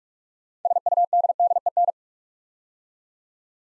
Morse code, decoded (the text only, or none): SUDDEN